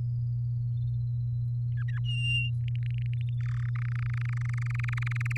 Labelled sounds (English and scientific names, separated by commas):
Domestic Canary (Serinus canaria) song